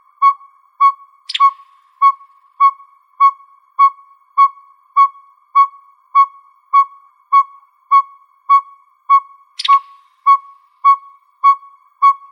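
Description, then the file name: Northern pygmy owl repeating even whistled toots nearly twice a second for twelve seconds, with two brief sharp clicks. Recorded in Arizona on 28 May 2006. "NOPO 4 B deviche"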